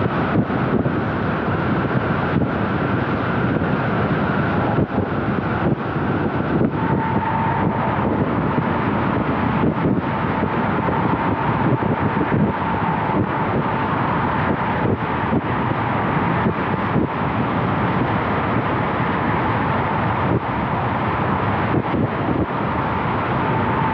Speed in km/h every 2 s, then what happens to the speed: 87, 87, 87, 87, 88, 88, 88, 88, 88, 88, 88, 88.
0-24 steady at about 88.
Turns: none.